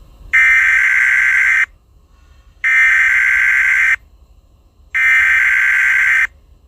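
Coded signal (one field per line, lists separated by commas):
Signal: Emergency Alert System (SAME) tones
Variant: header bursts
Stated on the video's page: Simulated EAS alert in a fictional scenario.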